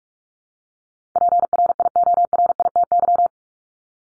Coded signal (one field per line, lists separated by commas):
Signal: Morse code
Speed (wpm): 44 wpm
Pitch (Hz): 700 Hz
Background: none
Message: PRIORITY